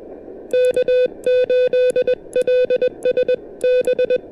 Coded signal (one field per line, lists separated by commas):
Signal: Morse code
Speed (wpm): 20 wpm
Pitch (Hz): 500 Hz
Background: music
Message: K8LS B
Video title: POTA at Mount Pisgah: Punching through patchy propagation and dodging dodgy weather!